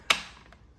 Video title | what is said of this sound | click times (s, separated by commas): Peach Sorbet in the NINJA CREAMI DELUXE | shoving it straight in, then turn it to the right, and it'll lift up and lock into place. | 0.1 s